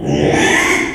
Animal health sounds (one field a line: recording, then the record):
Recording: squeal of a Yucatan mini pig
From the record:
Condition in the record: after surgery on the right vocal fold (resection and tissue-engineered implant)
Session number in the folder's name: 3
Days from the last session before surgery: 33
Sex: male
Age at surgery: 12 weeks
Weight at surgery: 13 kg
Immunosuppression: cyclosporine, prednisolone